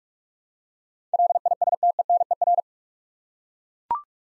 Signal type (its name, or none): Morse code